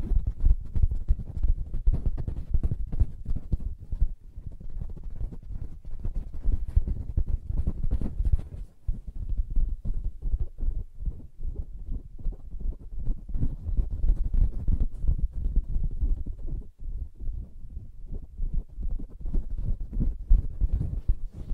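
Soft fabric surface being tapped and scratched in a dense, continuous run of muffled, low thuds and rustles, with brief pauses near nine and seventeen seconds.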